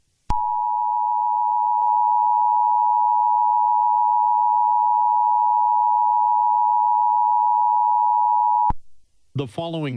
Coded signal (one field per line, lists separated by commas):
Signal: Emergency Alert System (SAME) tones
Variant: 853 and 960 Hz attention tone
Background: speech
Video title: [EAS] Supervolcano